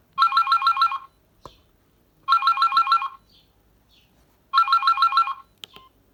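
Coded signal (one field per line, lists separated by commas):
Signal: none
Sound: phone ringtone melody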